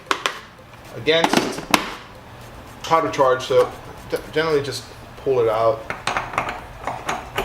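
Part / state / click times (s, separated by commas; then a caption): reloading die into progressive press toolhead / seated / 6.4 s. A seating die in its quick-change bushing is dropped into the toolhead of a progressive reloading press and twisted, while someone talks. Sharp metal-on-metal hits sound near the start and again in a cluster toward the end. The bushing locks into place with a click at 6.4 s.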